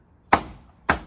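The outer edge clips are pressed in by hand into the headlight surround on a Jeep Wrangler, giving two sharp, bright snaps at 0.3 s and 0.9 s, each with a short fading tail over quiet background. The clips pop in and are seated.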